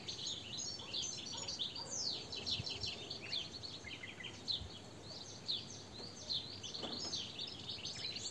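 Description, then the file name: European goldfinch twitter of quick, sliding, tinkling notes mixed with short buzzes, continuous throughout, with soft background noise. "Carduelis carduelis"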